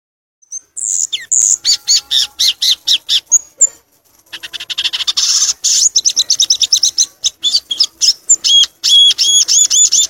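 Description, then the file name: Violaceous euphonia song: a long, fast series of high, buzzy chips and ringing whistled notes, speeding into a dense, repeated chatter after a brief pause. "canto do gaturamo verdadeiro"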